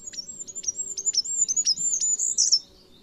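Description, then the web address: Bird giving a quick series of sharp, high chirps in a steady run lasting about two and a half seconds, over faint low noise. "Bird Only"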